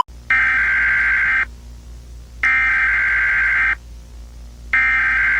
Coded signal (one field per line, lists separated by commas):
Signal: Emergency Alert System (SAME) tones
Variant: header bursts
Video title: |EAS Scenario Godzilla Attack| Godzilla EAS Scenario video one.